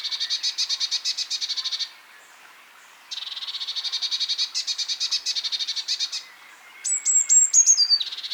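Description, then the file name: Eurasian blue tit churring in long, rapid rattles of buzzy notes, ending with a few sharp, high thin notes. "Cyanistes caeruleus"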